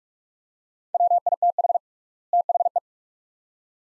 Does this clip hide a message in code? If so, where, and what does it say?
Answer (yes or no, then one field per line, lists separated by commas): yes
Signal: Morse code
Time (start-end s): 0.9-2.8 s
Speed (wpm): 42 wpm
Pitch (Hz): 700 Hz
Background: none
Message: WITH THE